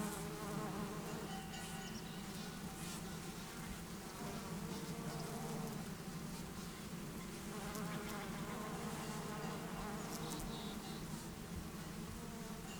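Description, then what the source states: Bumblebee buzzing forms an unbroken low drone, with faint ticking and tapping sounds scattered on top. Bumblebees and other pollinators flying flower to flower for nectar, warm morning after overnight cloud cover, 6500-foot meadow at south end of Taylor Lake, Russian Wilderness, Klamath National Forest, Siskiyou County, California.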